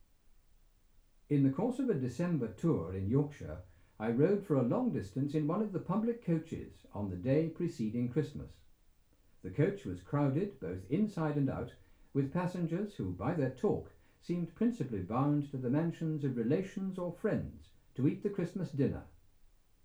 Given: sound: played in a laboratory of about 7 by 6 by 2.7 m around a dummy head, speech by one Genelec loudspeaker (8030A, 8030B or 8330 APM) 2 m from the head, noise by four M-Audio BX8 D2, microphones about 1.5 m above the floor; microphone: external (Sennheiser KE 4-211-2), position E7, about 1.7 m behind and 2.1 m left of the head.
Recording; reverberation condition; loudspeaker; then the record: male speech in English; low; 120 degrees to the left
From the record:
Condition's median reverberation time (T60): about 310 ms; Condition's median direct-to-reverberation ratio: about 3.5 dB